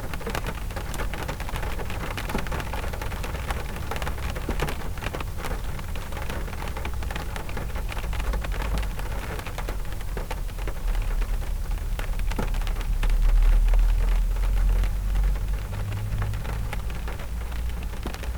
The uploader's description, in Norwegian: et dalføre av susende vind, gjennom regn og maskiner, dyp bass fra et fyringsanlegg, vinylknitring, t-banestasjoner, sjø og regn